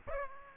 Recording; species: mosquito wingbeat signal from an infrared sensor; Aedes aegypti